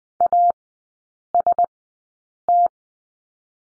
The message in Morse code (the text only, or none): AST